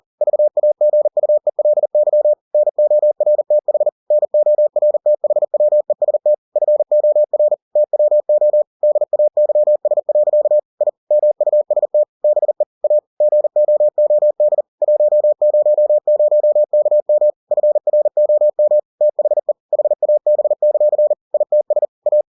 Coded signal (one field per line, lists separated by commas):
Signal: Morse code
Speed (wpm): 40 wpm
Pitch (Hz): 600 Hz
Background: none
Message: VAGUELY NORTH NORTHWEST FOR TWO DAYS. I MUST BE A GOOD 100KM FROM THE HAB; ITS A